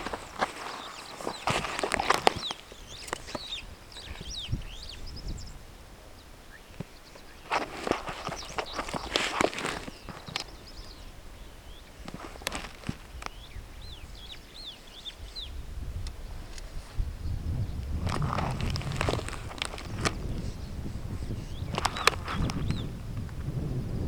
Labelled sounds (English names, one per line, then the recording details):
Superb Starling flight call
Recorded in Kenya